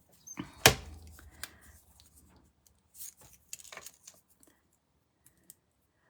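A message banner die piece is lined up and popped into an alignment frame, giving one loud, sharp click at 0.7 s. Quieter handling taps and rustles follow. The piece is clicked into place in the frame.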